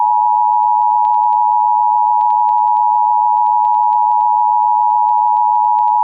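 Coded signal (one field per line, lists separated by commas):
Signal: Emergency Alert System (SAME) tones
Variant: 853 and 960 Hz attention tone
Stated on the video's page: Meme using EAS tones, not a real alert.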